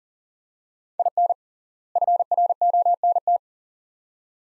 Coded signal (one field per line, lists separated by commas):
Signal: Morse code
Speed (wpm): 40 wpm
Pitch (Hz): 700 Hz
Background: none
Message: IN FRONT